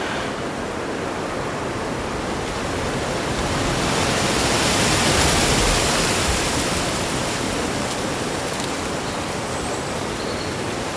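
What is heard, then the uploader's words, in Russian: Leaves rustle in a steady, dense hiss that fills the whole clip, swelling louder around the middle as a gust passes, then settling back. A couple of faint, high bird chirps surface briefly near the end. Прохладный летний день: Шелест листвы и пение птиц. Представьте себя в солнечной роще, окруженной величественными деревьями, покачивающимися на легком бризе. Симфония шелеста листьев и мелодии местных птиц.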